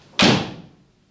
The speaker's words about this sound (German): Und die Tür fiel hinter ihr ins Schloss, noch ehe die Familie zur Besinnung kam.